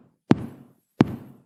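Two evenly spaced knocks, about 0.7 seconds apart, imitating the completely regular beat of a normal sinus rhythm.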